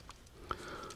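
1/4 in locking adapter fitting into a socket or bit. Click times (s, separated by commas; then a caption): 0.5 s. A 1/4 in Wera locking socket adapter, with its pull-up locking sleeve drawn back, is pushed onto a metal part and released to lock. Two faint ticks at 0.1 and 0.3 s come before one sharp, bright click at 0.5 s, followed by a soft ringing tone. The adapter snaps firmly into place and holds.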